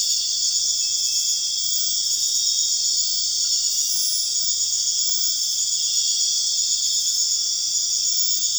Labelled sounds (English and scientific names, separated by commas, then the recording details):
none
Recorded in dense forest near Puerto Asís, Putumayo, Colombia, on 12 March 2025 at 21:30
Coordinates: 0.484, -76.317
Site G064